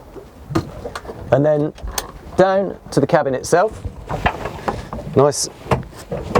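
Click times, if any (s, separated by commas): 6.4 s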